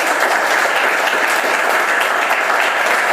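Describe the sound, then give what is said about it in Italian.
Steady, dense applause from an audience, a continuous loud wash of many hands clapping at once with no clear individual claps standing out, sustained evenly throughout. “Allora, facciamo un applauso”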